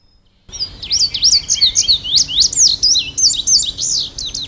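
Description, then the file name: Indigo bunting song: a lively string of high, doubled slurred notes, rising and falling quickly for about four seconds, with faint low hum beneath. "suara kicauan burung indigo bunting. omkicau"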